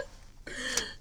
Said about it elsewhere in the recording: Do you hear that cough, guys? I was sick.